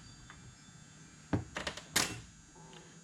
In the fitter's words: Popped into place.